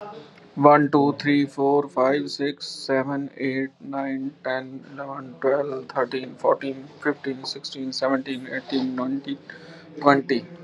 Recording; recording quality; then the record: counting at a normal pace; excellent, no background noise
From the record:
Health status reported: healthy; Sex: male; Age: 52 years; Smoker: no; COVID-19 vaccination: both doses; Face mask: worn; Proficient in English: yes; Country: India